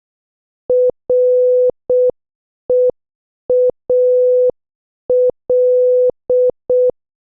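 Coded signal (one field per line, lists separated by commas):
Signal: Morse code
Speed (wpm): 6 wpm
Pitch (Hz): 500 Hz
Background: none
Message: REAL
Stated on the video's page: Morse practice of movie quotes at 6 WPM.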